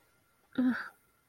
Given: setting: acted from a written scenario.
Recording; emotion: vocal sound without words; disgust